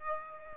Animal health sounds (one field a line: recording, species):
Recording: mosquito wingbeat signal from an infrared sensor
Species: Aedes aegypti